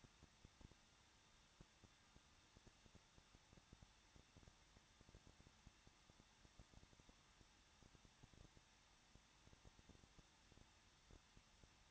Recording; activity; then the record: daily activity, microphone in the room; no activity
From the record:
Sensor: 3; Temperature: 21.2 degrees Celsius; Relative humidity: 36.2%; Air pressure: 1006.4 hPa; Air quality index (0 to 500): 221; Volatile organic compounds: 40 ppm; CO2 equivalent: 3146 ppm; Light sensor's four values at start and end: 2/3/2/2 and 2/3/2/2